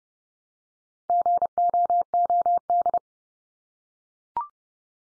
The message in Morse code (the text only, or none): GOOD